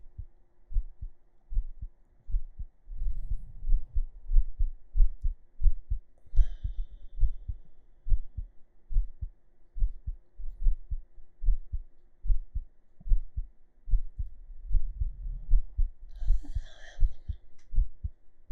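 Steady, muffled low thumps at about 73 beats a minute, heard with an ear laid on an adult's bare chest under a shirt. Occasional cloth rustling and a faint background hum come through between beats.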